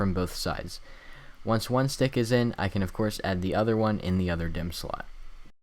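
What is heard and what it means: A DDR4 memory stick is handled at a motherboard DIMM slot while someone talks. The clip ends before the stick goes home, so nothing has seated or clicked yet.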